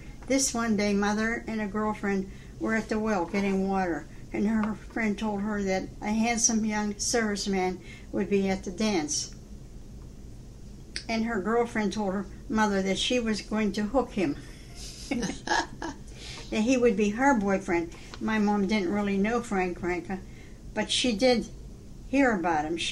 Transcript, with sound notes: This one day mother and a girlfriend were at the well getting water, and he friend told her that a handsome young service man would be at the dance. And her girlfriend told her—mother—that she was going to hook him (laughs) That he would be her boyfriend. My mom didn't really know Frank Renka, but she did hear about him.